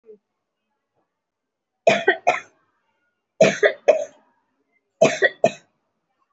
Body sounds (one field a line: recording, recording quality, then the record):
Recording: shallow voluntary cough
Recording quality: excellent, no background noise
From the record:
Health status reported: respiratory illness, not identified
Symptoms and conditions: breathing difficulty, another respiratory illness, hypertension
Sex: female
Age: 61 years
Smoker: no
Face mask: worn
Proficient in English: no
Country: India